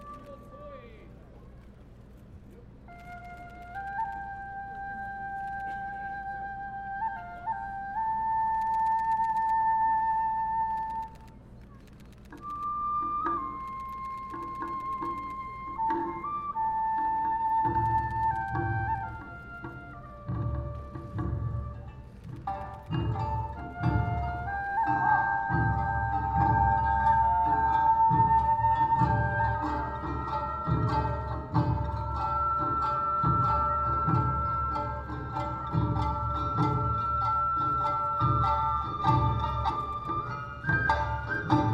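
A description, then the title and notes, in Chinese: An Awa dance troupe performs at Songshan Ciyou Temple in Taipei. A high flute melody moves through held, stepping notes over a low hum, then around 17 seconds deep drums join with a quick, steady beat, growing louder and busier after 25 seconds with bright clanking percussion. 東京高圓寺阿波舞團來台展演。阿波舞團在台展演。台北市松山區的松山慈祐宮。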